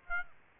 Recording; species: mosquito wingbeat signal from an infrared sensor; Aedes aegypti